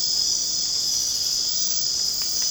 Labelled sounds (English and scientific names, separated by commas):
none